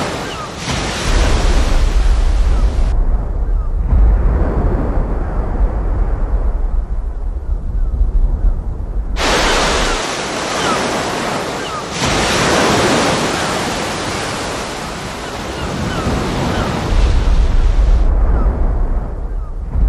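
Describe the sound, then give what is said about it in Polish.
A loud, continuous roar of ocean surf, compared as heard on Earth and as it would be heard on Mars: its hiss repeatedly dulled into a muffled, bass-heavy rumble, then briefly brightening again before sinking back into a deep, low drone. No voices. “To dudnienie to oczywiście ocean, byśmy tak słyszeli na Marsie.”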